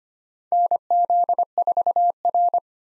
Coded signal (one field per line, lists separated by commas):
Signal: Morse code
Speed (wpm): 25 wpm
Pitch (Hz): 700 Hz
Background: none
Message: NZ4R